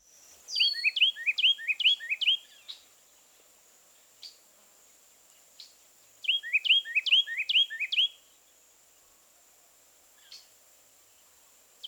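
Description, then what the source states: Carolina Wren song: two loud bursts of rapidly repeated tee-kittle phrases, each about two seconds long, with a few faint notes between and after them. Three-noted song, a loud, repeated tee-kittle; may sing at any time of day and in every month of the year.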